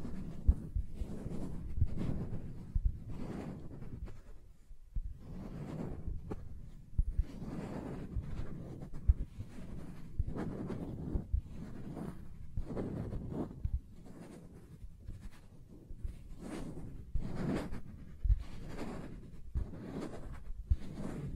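Soft tracing strokes drag across smooth and rough surfaces, each a low, grainy brush with a little hiss on top. The strokes repeat at a fairly steady pace, about one every second, some swelling a bit louder than others, with tiny ticks between them.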